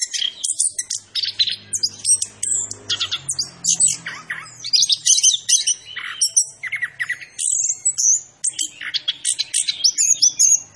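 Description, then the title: Orange-headed thrush in full song, a lively continuous stream of sharp chirps, whistled slurs and buzzy notes, repeated in quick bursts; faint low hum in the background. Called Anis Kembang, singing vigorously (gacor); labelled Macan B2. "Anis Kembang Gacor. Suara Anis Kembang Macan B2"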